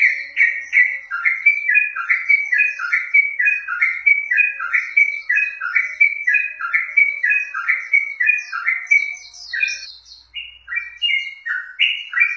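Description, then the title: Yellow-vented bulbul song of fast, liquid descending notes for several seconds, then a brief gap before higher, more scattered phrases continue. Wild bird. "Trucuk Liar"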